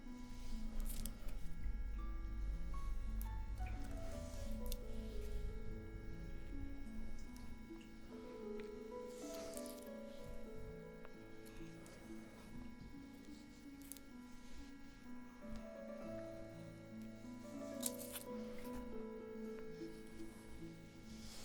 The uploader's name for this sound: Aromatherapy Oil Spa Roleplay (Face & Scalp Massage)